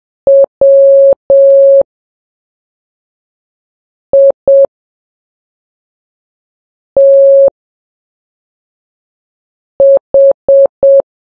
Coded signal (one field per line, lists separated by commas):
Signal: Morse code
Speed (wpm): 7 wpm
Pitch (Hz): 550 Hz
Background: none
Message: WITH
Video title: Morse Code Practice #4 (3 WPM)